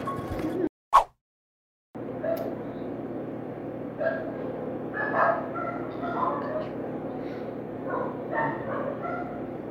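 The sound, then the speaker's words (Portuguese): A neighbour's dogs bark in irregular bursts of sharp yaps and woofs over a steady background hum, after a short sharp burst and a brief silence near the start. “Pior do que a voz dos gatos é a maldição dos cães do vizinho.”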